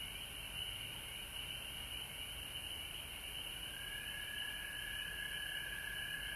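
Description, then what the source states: Dense frog chorus, steady high trills and a lower band that grows stronger partway through, callers overlapping continuously. Frogs recorded at home in Georgia on March 19, 2020.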